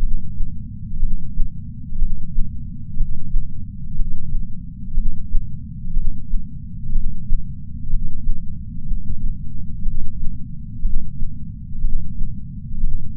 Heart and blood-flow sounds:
heart sounds by patch sensor on the chest; 61 bpm
0.99 s: heartbeat
1.99 s: heartbeat
2.97 s: heartbeat
3.95 s: heartbeat
4.94 s: heartbeat
5.93 s: heartbeat
6.92 s: heartbeat
7.89 s: heartbeat
8.87 s: heartbeat
9.82 s: heartbeat
10.82 s: heartbeat
11.81 s: heartbeat
12.80 s: heartbeat
From the record:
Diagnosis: coronary artery disease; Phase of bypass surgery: preoperative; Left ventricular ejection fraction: 62.4%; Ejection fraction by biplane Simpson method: 59%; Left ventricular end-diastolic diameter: 53 mm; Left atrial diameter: 40 mm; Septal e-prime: 7.2 cm/s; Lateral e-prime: 9.5 cm/s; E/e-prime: 9.1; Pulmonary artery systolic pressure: 23 mmHg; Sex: male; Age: 60 years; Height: 180 cm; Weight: 100 kg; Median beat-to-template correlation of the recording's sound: 0.92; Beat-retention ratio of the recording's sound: 0.96

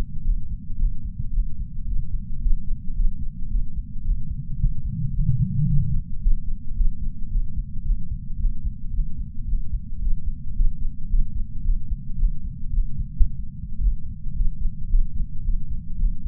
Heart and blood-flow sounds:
heart sounds by patch sensor on the chest; 111 bpm
0.24 s: heartbeat
0.78 s: heartbeat
1.33 s: heartbeat
1.87 s: heartbeat
2.41 s: heartbeat
2.95 s: heartbeat
3.50 s: heartbeat
4.04 s: heartbeat
4.58 s: heartbeat
5.13 s: heartbeat
5.67 s: heartbeat
6.21 s: heartbeat
6.76 s: heartbeat
7.30 s: heartbeat
7.84 s: heartbeat
8.39 s: heartbeat
8.93 s: heartbeat
9.47 s: heartbeat
10.01 s: heartbeat
10.55 s: heartbeat
11.09 s: heartbeat
11.64 s: heartbeat
12.18 s: heartbeat
12.72 s: heartbeat
13.13 s: heartbeat
13.80 s: heartbeat
14.35 s: heartbeat
14.89 s: heartbeat
15.44 s: heartbeat
15.98 s: heartbeat
From the record:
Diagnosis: coronary artery disease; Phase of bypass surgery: postoperative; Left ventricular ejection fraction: 58.9%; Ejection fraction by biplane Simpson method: 44.4%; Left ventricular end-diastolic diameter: 54 mm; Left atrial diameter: 37 mm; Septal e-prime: 4.3 cm/s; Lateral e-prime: 5.9 cm/s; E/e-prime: 16.9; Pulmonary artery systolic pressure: 25 mmHg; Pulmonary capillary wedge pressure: 7 mmHg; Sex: male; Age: 66 years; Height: 165 cm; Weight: 65 kg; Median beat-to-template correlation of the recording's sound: 0.77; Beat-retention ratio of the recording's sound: 0.99

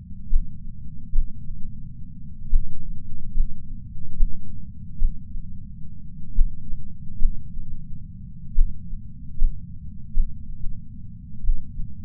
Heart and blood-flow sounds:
heart sounds by patch sensor on the chest; 65 bpm
0.28 s: heartbeat
1.11 s: heartbeat
2.49 s: heartbeat
3.33 s: heartbeat
4.16 s: heartbeat
4.97 s: heartbeat
6.34 s: heartbeat
7.18 s: heartbeat
8.54 s: heartbeat
9.37 s: heartbeat
10.12 s: heartbeat
10.54 s: heartbeat
11.42 s: heartbeat
From the record:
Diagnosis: coronary artery disease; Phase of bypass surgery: intraoperative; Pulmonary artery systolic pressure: 28 mmHg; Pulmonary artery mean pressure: 20 mmHg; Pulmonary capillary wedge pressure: 13 mmHg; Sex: male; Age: 57 years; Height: 172 cm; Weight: 86 kg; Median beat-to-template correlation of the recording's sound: 0.92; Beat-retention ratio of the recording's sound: 0.99

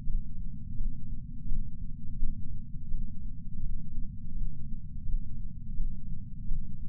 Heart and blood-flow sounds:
heart sounds by patch sensor on the chest; 84 bpm
0.04 s: heartbeat
0.75 s: heartbeat
1.46 s: heartbeat
2.17 s: heartbeat
2.88 s: heartbeat
3.60 s: heartbeat
4.32 s: heartbeat
5.03 s: heartbeat
5.75 s: heartbeat
6.46 s: heartbeat
From the record:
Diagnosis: coronary artery disease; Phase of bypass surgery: postoperative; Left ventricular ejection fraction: 68.7%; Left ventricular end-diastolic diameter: 42 mm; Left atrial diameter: 41 mm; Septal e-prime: 3.9 cm/s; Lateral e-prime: 4.9 cm/s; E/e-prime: 19.8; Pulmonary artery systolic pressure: 30 mmHg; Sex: female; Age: 73 years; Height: 160 cm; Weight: 70 kg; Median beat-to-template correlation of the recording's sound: 0.85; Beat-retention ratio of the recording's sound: 0.98

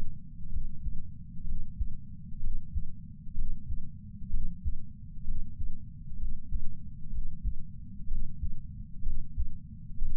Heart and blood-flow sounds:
heart sounds by patch sensor on the chest; 63 bpm
0.50 s: heartbeat
1.44 s: heartbeat
2.40 s: heartbeat
3.34 s: heartbeat
4.30 s: heartbeat
5.24 s: heartbeat
6.17 s: heartbeat
7.10 s: heartbeat
8.07 s: heartbeat
9.02 s: heartbeat
9.98 s: heartbeat
From the record:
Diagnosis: coronary artery disease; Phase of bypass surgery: intraoperative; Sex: male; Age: 69 years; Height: 165 cm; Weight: 60 kg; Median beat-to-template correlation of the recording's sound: 0.76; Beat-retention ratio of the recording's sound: 0.99

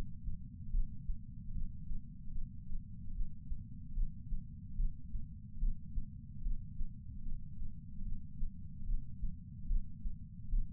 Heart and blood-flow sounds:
heart sounds by patch sensor on the chest; 74 bpm
0.71 s: heartbeat
1.52 s: heartbeat
2.32 s: heartbeat
3.12 s: heartbeat
3.94 s: heartbeat
4.76 s: heartbeat
5.59 s: heartbeat
6.42 s: heartbeat
7.23 s: heartbeat
8.03 s: heartbeat
8.85 s: heartbeat
9.67 s: heartbeat
10.49 s: heartbeat
From the record:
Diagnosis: coronary artery disease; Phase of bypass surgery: preoperative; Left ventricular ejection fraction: 32.2%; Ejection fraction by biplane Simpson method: 32%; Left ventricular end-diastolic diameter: 64 mm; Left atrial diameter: 40 mm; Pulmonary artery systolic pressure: 18 mmHg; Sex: male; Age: 49 years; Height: 175 cm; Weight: 80 kg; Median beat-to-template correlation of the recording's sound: 0.84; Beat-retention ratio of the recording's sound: 1.00

